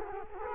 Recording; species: mosquito wingbeat signal from an infrared sensor; Culex quinquefasciatus